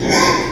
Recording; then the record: squeal of a Yucatan mini pig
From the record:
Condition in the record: before surgery on the right vocal fold (resection and tissue-engineered implant); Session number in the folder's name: 1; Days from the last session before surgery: -3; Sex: male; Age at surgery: 12 weeks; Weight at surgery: 13 kg